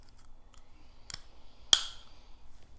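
A clear plastic dental aligner is pushed back onto the teeth. A few faint clicks build to two sharp snaps at 1.1 and 1.7 seconds, the second much louder with a brief bright ring. The aligner is seated and clicks into place.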